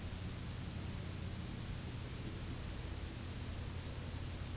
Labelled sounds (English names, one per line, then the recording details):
none
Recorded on Arctic tundra, site UTQI-0, on 11 June 2019
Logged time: 06:00